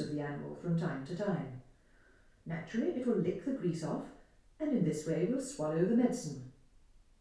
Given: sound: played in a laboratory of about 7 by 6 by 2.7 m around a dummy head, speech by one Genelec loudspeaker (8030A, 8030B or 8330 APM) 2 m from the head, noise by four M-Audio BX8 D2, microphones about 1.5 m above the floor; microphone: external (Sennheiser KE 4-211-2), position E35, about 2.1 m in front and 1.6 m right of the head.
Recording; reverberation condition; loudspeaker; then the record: female speech in English; medium; 90 degrees to the right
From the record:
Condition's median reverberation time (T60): about 510 ms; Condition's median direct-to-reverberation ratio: about -0.5 dB